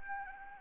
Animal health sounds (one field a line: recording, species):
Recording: mosquito wingbeat signal from an infrared sensor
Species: Anopheles arabiensis